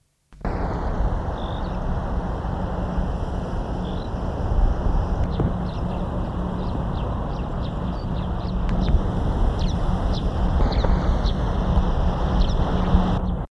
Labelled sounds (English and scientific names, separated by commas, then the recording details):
Dead Sea Sparrow (Passer moabiticus) call
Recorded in the wild
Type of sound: call
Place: IL
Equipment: Halbspur, 9,5 cm/s
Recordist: Lütgens, Hans
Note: Rufe